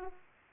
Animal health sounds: mosquito wingbeat signal from an infrared sensor; Aedes aegypti

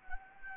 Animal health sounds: mosquito wingbeat signal from an infrared sensor; Anopheles arabiensis

